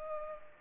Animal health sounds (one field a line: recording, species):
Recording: mosquito wingbeat signal from an infrared sensor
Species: Culex pipiens